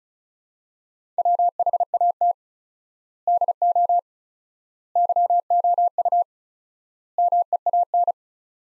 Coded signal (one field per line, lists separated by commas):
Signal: Morse code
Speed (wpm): 34 wpm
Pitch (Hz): 700 Hz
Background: none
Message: WHAT DO YOU MEAN